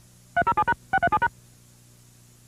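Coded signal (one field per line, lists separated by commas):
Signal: DTMF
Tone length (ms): 70 ms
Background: music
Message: 307#637#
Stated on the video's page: DTMF burst used for early cable TV headend signalling, found in a vintage cable TV recording.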